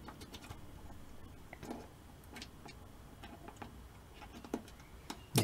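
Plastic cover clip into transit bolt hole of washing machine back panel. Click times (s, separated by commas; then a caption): 5.4 s. A plastic cover clip is fitted over a transit-bolt hole in the back panel of a washing machine, producing several light plastic ticks. The loudest and final snap comes at 5.4 s, when the clip seats in place.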